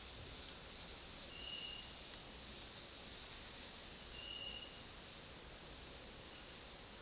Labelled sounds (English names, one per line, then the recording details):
none
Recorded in dense forest near Puerto Asís, Putumayo, Colombia, on 18 February 2024 at 08:30
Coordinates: 0.499, -76.324
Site G6469